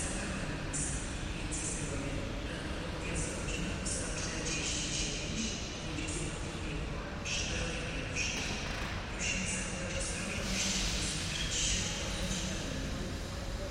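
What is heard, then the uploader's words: Train station platform ambience with a steady, dense low rumble running throughout. Voices murmur in the background, and brief bright hissing bursts recur every second or so, clustering more around the middle and near the end. Wroclaw train station ambience. The recording includes sounds from train station platforms - announcements of approaching and arriving trains and sounds of standing and passing trains. You can hear a lot of word "pociag" there - it means "train" in Polish. The recording was made with a Free Space Pro II binaural microphone (3DIO Sound).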